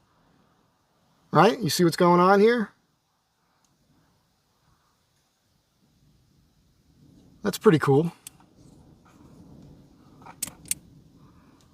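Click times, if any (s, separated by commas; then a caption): 10.4 s, 10.7 s. Someone talks while a WUBEN G5 headlamp sits on its clip mounted on the brim of a cap. The headlamp body is pulled out on the clip and locked into position, giving two sharp clicks at 10.4 and 10.7 seconds. The clip pivot is now seated and won't move side to side.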